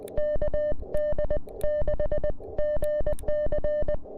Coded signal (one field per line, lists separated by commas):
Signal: Morse code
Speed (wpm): 26 wpm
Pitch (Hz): 590 Hz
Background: music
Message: KD6GC